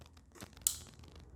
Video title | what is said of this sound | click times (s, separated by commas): Stylus Pen Review | so it's a little click it's magnetic so that part of it i like | 0.7 s